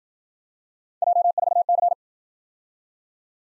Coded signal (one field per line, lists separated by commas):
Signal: Morse code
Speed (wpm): 51 wpm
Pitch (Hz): 700 Hz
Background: none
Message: J4C